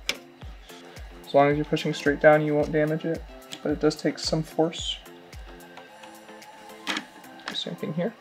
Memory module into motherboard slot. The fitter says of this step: you just push it down very firmly straight down until it clicks on both sides as